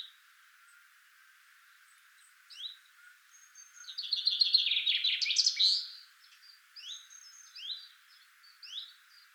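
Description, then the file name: Common chaffinch giving one lively song, a rapid cascade of sweet notes ending in a flourish, with thin, scattered call notes around it. "Fringilla coelebs"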